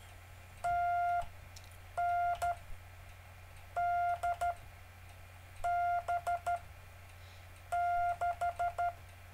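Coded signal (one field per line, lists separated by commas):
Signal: Morse code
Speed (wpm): 13 wpm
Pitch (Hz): 700 Hz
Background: none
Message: TN D B 6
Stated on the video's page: Live-streamed continuous circular Morse code practice.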